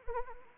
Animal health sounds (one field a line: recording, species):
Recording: mosquito wingbeat signal from an infrared sensor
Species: Anopheles arabiensis